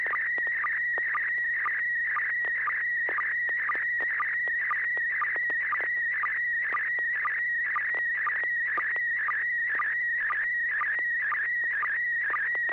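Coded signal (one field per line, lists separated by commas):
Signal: SSTV (slow-scan television)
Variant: PD120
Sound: warbling, chirping tone near 2 kHz with a short low blip about twice a second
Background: low hum, radio hiss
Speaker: all right this should be uh PD 120 here we go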